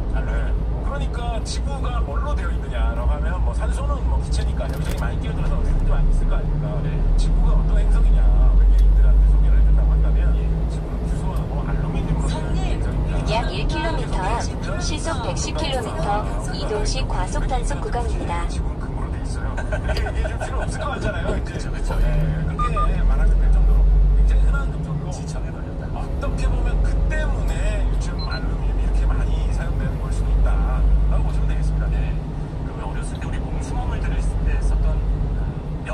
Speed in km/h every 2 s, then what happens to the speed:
23, 24, 29, 36, 43, 45, 38, 35, 30, 27, 24, 29, 28, 28, 29, 31, 29, 28.
0-9 speeds up to 45. 9-19 slows to 24. 19-36 steady at about 28.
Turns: none.